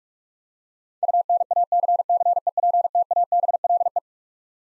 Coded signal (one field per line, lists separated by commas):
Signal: Morse code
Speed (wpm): 46 wpm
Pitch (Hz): 700 Hz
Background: none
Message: UNACCEPTABLE